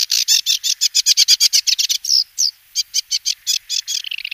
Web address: Schulze Peter Sedge Warbler song